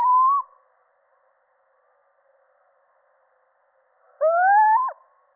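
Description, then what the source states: Little owl: the tail of one call at the start, then a full rising, mewing hoot that snaps downward at its end, with quiet between. Male.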